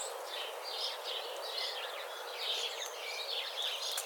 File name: Passer domesticus